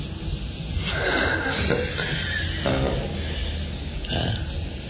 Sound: laughs